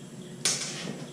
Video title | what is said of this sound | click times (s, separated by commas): More Trailer Tire Troubles - I should know better | the valve stem through the hole screw it onto this and then pull it up till it a clicks lube | 0.4 s